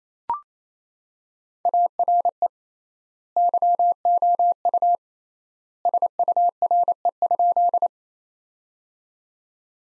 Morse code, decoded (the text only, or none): ARE YOU SURE?